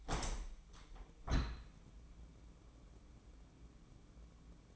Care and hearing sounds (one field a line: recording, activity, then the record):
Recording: daily activity, microphone in the room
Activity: open window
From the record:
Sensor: 1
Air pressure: 1012.4 hPa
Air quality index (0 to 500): 169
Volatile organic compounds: 3 ppm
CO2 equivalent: 1380 ppm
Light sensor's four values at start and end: 229/524/232/255 and 231/527/233/257